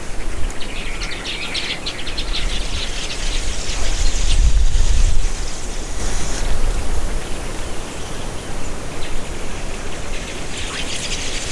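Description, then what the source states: Clarke's Weaver flock calls, a dense high-pitched fluttering chatter of many birds in bursts, over a steady low rumbling background noise. Flock of about 300 birds out of an estimated 2000 in the area; forest or thorn steppe in Kenya.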